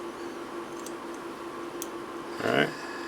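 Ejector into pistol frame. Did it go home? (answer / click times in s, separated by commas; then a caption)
no / none. An ejector is handled while being fitted into a Ruger MAX-9 pistol frame during a performance spring kit installation, with faint handling noises and someone talking. Nothing has seated or clicked into place yet.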